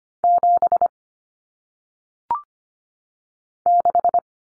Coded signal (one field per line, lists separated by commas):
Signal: Morse code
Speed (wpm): 25 wpm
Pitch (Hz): 700 Hz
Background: none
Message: 7 6